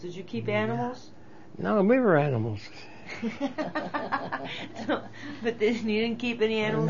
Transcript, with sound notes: Did you keep animals?
No. We were animals. ( they laugh )
But you didn't keep any animals?